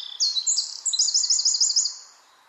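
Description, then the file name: Eurasian wren song: piercing high notes followed by a fast, evenly pulsed trill that trails off into quiet. "Troglodytes troglodytes"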